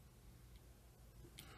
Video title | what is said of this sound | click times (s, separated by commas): Mutation X v4 | This is one of my standard Delrin tips, and it pops right in there. | 1.4 s